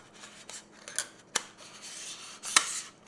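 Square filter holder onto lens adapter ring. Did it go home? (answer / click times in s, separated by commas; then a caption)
yes / 2.6 s. A metal square-filter holder carrying a 10-stop ND filter is pushed back onto the adapter ring on a camera lens, with scraping and small metallic taps leading up to it. It seats with a sharp click at 2.6 s, locking onto the ring. There is no talk in the clip.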